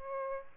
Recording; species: mosquito wingbeat signal from an infrared sensor; Aedes albopictus